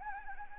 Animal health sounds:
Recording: mosquito wingbeat signal from an infrared sensor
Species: Anopheles gambiae

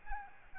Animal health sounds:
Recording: mosquito wingbeat signal from an infrared sensor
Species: Aedes albopictus

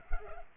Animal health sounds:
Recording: mosquito wingbeat signal from an infrared sensor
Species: Culex pipiens

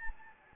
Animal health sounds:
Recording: mosquito wingbeat signal from an infrared sensor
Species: Anopheles gambiae

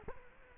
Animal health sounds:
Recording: mosquito wingbeat signal from an infrared sensor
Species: Culex quinquefasciatus

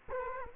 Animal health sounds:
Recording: mosquito wingbeat signal from an infrared sensor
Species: Culex quinquefasciatus

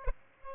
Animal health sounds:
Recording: mosquito wingbeat signal from an infrared sensor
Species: Aedes albopictus

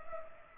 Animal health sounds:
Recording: mosquito wingbeat signal from an infrared sensor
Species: Culex pipiens

